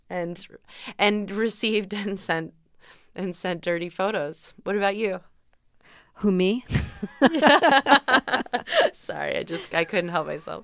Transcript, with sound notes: and received and sent dirty photos. What about you?
Who, me?
(LAUGHTER)
Sorry, I just, I couldn't help myself.